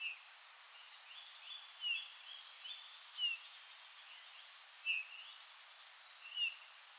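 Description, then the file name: Eurasian bullfinch giving soft, short descending piping notes, spaced irregularly about one to two seconds apart over a steady background hiss. "Pyrrhula pyrrhula"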